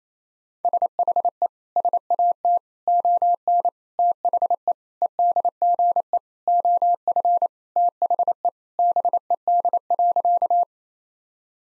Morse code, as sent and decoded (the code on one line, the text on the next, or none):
... .... . / ... .- - / --- -. / - .... . / . -.. --. . / --- ..-. / - .... . / -... . -.. .-.-.-
SHE SAT ON THE EDGE OF THE BED.